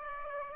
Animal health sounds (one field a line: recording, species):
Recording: mosquito wingbeat signal from an infrared sensor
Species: Aedes aegypti